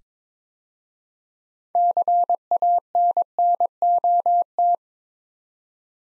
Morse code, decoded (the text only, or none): CANNOT